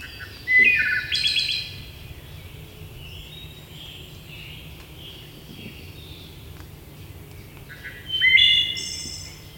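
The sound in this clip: Wood thrush song: a liquid whistled phrase ending in a silvery trill, a long pause, then another flute-like phrase with a high buzzy finish.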